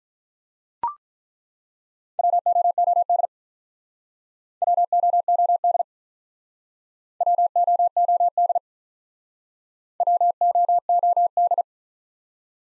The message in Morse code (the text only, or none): WOOD WOOD WOOD WOOD